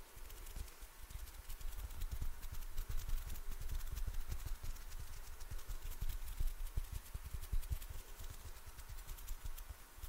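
Hand sounds and finger fluttering run the whole time as a dense, fast patter of soft taps and brushes with no talking. The rhythm stays busy and fairly even, with thumps at the bottom and a crisp, papery hiss over a low steady hum.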